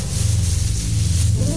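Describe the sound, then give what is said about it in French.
A steady, dry rustling and rubbing of tobacco between fingers, a continuous crackly hiss over a low rumble, held at an even loudness throughout with no voices. “Le tabac.”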